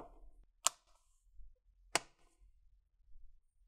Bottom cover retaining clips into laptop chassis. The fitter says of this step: squish the corners the sides make sure you hear those clicks